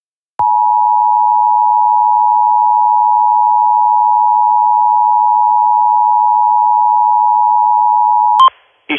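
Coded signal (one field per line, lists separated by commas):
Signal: Emergency Alert System (SAME) tones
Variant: 853 and 960 Hz attention tone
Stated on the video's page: Weekly tests; the station products are recreations credited to another producer.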